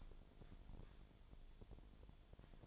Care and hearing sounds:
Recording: daily activity, microphone in the room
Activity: typing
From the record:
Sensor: 5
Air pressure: 1009.6 hPa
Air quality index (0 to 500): 168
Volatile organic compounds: 4 ppm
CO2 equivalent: 1629 ppm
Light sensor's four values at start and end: 101/268/109/116 and 101/267/109/116

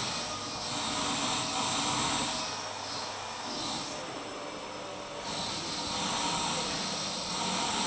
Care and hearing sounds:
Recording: daily activity, microphone in the room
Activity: vacuum cleaning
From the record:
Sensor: 1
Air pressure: 999.3 hPa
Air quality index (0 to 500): 206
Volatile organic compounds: 48 ppm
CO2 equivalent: 3262 ppm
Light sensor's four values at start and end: 9/22/8/9 and 9/22/8/9

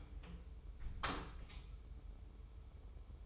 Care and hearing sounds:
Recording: daily activity, microphone in the room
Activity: close door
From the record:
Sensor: 1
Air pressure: 1015.2 hPa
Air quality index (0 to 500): 146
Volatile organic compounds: 7 ppm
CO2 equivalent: 2014 ppm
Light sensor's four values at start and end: 14/32/13/15 and 14/32/14/15

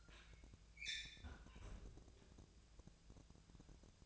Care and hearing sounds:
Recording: daily activity, microphone in the room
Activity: close fridge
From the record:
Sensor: 2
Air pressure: 999.9 hPa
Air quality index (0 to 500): 123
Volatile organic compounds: 2 ppm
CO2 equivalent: 1056 ppm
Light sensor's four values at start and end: 29/73/31/35 and 29/73/31/35

